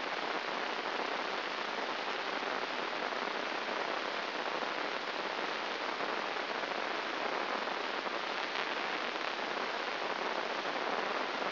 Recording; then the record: brain microelectrode recording played as sound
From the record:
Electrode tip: inside the subthalamic nucleus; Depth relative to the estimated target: -0.5 mm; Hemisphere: right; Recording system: AlphaMap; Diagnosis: Parkinson's disease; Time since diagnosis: 7 years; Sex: female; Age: 49 years